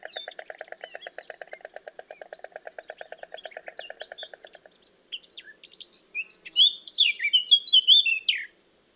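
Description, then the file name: Eurasian blackcap song: a fast rhythmic run of repeated buzzy pulses for about four seconds, then a bright, loud warbling phrase of whistled notes. "Sylvia atricapilla"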